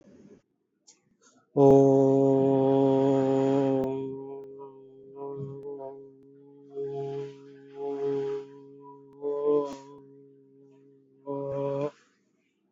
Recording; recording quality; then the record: sustained vowel as in boot; excellent, no background noise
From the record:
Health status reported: recovered from COVID-19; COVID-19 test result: positive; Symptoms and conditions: none ticked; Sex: male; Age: 25 years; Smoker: not ticked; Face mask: not worn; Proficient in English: yes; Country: India